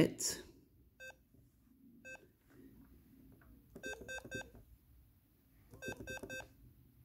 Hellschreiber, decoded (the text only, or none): none